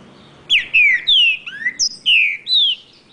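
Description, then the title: Green-winged saltator giving a loud, clear phrase of several long descending whistles with one short rising note, sung in quick succession. Wild bird singing in the woods, in a song contest with another free-living bird. "Trinca Ferro NICÃ O No Mato Disputando Com Solto"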